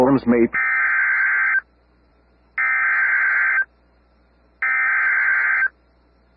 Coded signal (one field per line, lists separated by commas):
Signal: Emergency Alert System (SAME) tones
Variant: header bursts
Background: speech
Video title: EAS #1,842 Online NOAA Weather Radio Severe T’storm Warning 4/25/25